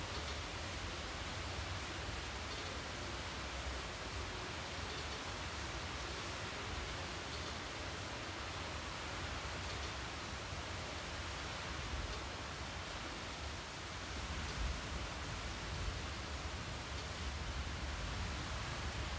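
Rain falls as a dense, even hiss across the whole clip, steady in loudness, with a soft low rumble underneath and no distinct drops.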